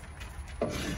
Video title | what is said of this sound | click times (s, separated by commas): A KAUFMAN DUMP TRAILER FOR THE WOOD YARD - #30 | comes down locks into place | 0.6 s